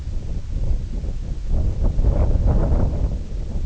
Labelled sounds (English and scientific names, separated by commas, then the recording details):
none
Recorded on Arctic tundra, site IGLO-D, on 20 June 2018
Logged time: 16:00